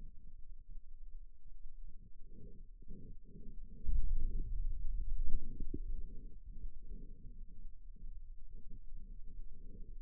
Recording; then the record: forearm muscle sounds (acoustic myography)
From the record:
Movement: finger pinch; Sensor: system 2, bracelet of six BSWA MPA416 microphones around the upper forearm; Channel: 4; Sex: male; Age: 22 years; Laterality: right